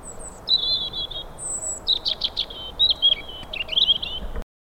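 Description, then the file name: European robin song: thin, high, wavering whistles and trills, with quick varied phrases tumbling together for about four seconds before stopping abruptly. "Erithacus rubecula"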